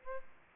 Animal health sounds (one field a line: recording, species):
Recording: mosquito wingbeat signal from an infrared sensor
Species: Aedes albopictus